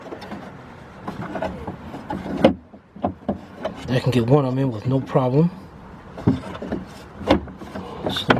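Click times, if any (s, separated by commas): 8.3 s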